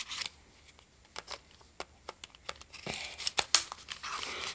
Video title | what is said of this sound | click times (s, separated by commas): nentendo switch unboxing | And there you have it, ladies and gentlemen. The Nintendo Switch is officially clicked on the tablet now. | 3.5 s